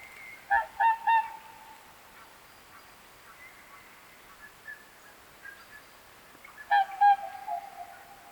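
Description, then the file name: Whooper swan honking calls, loud trumpeting notes in two bursts of three near the start and near the end, with softer calls between. "Singschwan"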